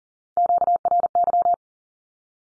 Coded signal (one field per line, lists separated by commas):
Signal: Morse code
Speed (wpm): 40 wpm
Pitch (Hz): 700 Hz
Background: none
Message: QRY